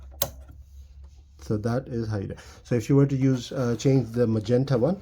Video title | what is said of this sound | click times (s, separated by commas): Canon Pixma TS6360a how to replace ink cartridges. | till you hear a click. | 0.2 s